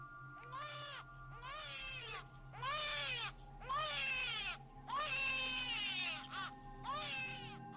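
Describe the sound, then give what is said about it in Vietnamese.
A baby cries in about six loud, drawn-out wails, each rising and falling in pitch with short breaths between, over a steady low hum, during a windy rainstorm. “Khi vừa tới gần thì tiếng khóc oe oe vang lên trong bầu trời đang bão bùng mưa gió.”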